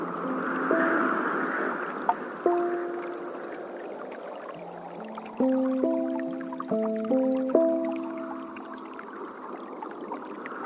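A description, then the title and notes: Soft piano notes sound slowly and ring out over a steady wash of flowing water and rain. Single low-to-middle notes fall about every two seconds at first, then gather into gentle overlapping chords between five and eight seconds before fading. Breathe along to the Waterfall rising and falling sounds.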